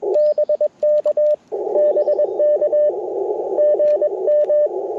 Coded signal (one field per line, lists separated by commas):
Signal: Morse code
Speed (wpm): 21 wpm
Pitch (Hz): 600 Hz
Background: radio noise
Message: BK BK GM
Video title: Set Up to Break Down, Full POTA Activation Process - 10/14/23 @ K-4451